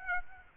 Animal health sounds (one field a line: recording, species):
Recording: mosquito wingbeat signal from an infrared sensor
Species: Aedes aegypti